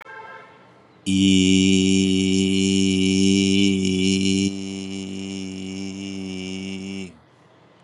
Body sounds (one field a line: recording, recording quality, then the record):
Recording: sustained vowel as in beet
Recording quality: excellent, no background noise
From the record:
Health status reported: COVID-19 positive, mild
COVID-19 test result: positive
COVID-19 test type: RT-PCR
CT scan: not taken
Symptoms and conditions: cough, sore throat, hypertension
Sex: male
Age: 61 years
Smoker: no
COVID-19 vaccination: both doses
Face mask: not worn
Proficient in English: yes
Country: India